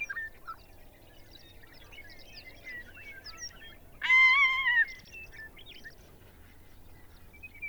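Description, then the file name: Ferruginous hawk giving a single harsh, slightly descending scream under a second long, against a background of faint chirping small birds. "Ferruginous Hawk Buteo regalis"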